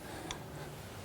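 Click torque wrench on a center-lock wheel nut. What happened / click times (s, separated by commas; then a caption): Torque wrench clicks at setting / 0.3 s. A click-type torque wrench set to about 400 is pulled on a center-lock wheel nut of a GT3 RS for a second time. A single short, sharp tick sounds at 0.3 s over a low, steady background. It shows the wrench has clicked at its setting.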